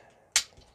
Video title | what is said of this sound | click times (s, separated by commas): Transformers Legacy Motormaster (Menasor part 5 of 5) review | push them in until they click in same thing on this side pushing until it clicks in | 0.4 s